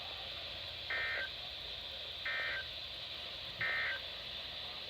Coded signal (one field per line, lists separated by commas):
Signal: Emergency Alert System (SAME) tones